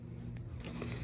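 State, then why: Not seated. An amber LED DRL circuit board from Signature Lux is lined back up inside the headlight housing of a 2024+ Ford Ranger Raptor and pushed to clip it back in. Only faint, soft contact and scraping sounds are heard, with small bumps between about 0.4 and 1.1 s. The board has not clicked into place yet.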